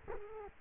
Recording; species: mosquito wingbeat signal from an infrared sensor; Culex quinquefasciatus